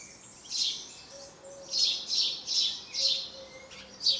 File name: Passer domesticus